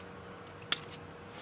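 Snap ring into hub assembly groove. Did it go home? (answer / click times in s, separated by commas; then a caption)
yes / 0.7 s. A metal snap ring is fitted into the middle groove of a front hub assembly on a 1987–1996 Ford F-150 or Bronco 4x4. A single loud, sharp metallic snap at 0.7 s marks the ring seating in its groove, followed by a brief fainter tick and quiet background.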